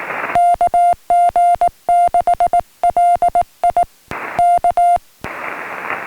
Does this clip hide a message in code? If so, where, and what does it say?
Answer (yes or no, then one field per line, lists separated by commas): yes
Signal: Morse code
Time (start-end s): 0.4-5.0 s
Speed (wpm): 18 wpm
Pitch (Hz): 700 Hz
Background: music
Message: KG6LI K